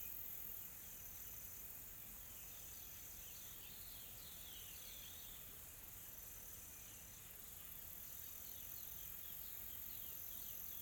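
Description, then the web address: Insects keep up a steady high buzzing hum, with soft, quick bird chirps clustered in the first half. Calm, soft insect ambience from a tropical forest in South Africa. "Smart Sound FX - Nature South Africa AMBIENCE Additional Tropical Forest Soft Insects Calm"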